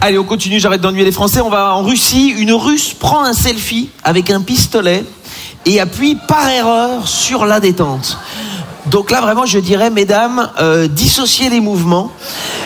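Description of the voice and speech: One adult speaks French in a lively comic monologue, reading out news items at a quick, even pace with lively pitch and only brief pauses. Articulation is clear and voicing is smooth, with no blocks or repeats. This is normal fluent speech.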